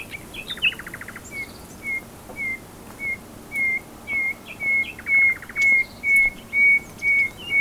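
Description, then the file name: Common nightingale song: a buzzy rattle, then a long series of clear whistled notes repeated about twice a second and swelling louder, broken by another dry rattle. "Luscinia megarhynchos"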